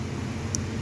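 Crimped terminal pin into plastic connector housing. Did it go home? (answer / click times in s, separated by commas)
yes / 0.5 s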